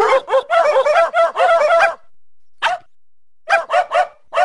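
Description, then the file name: Dog: puppy yips, a quick run of squeaky barks for about two seconds, a pause, a single yip, then a few more yelps. "puppy mix"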